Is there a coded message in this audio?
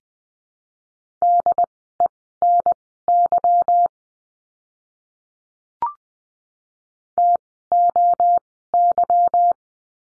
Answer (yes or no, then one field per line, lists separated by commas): yes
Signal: Morse code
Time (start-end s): 1.2-9.5 s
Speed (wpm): 20 wpm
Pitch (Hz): 700 Hz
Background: none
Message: DENY TOY